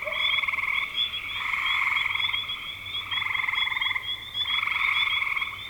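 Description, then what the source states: Frog chorus, rhythmic pulsed trills in bursts of about a second, alternating and overlapping, with a thin continuous high whine. Recorded in spring 2025.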